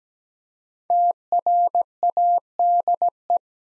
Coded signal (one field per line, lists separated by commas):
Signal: Morse code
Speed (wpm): 17 wpm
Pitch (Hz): 700 Hz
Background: none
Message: TRADE